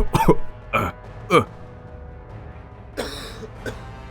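A harsh, hacking coughing fit: three loud, raspy coughs in quick succession, then a pause before two weaker, breathier coughs trail off.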